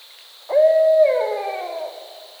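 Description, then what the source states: Barred owl, one drawn-out hoot that starts flat and slurs downward as it fades, set against a steady high buzzing tone. Recorded 22 October 2010.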